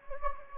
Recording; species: mosquito wingbeat signal from an infrared sensor; Anopheles gambiae